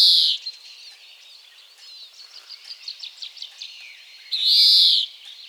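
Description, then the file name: European greenfinch opening and closing with a loud, harsh wheeze, with a run of quick soft chirps between the two calls. "Chloris chloris"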